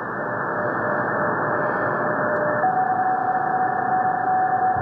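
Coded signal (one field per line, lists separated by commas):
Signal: PSK31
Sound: a single thin warbling tone over loud radio hiss, shifting slightly higher midway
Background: radio static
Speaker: this is 3580 as some uh psk31 that is really really definitively some psk31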